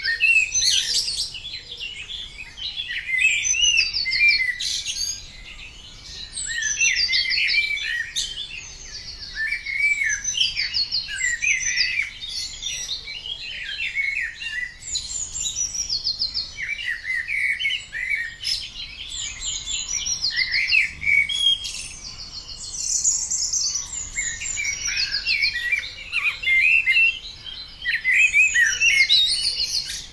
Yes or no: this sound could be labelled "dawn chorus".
yes